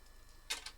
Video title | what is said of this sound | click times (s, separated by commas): Transformers #transformersreview - Wheelie from #transformersthemovie Core Class Figure Review | Han klickade ihop. | 0.5 s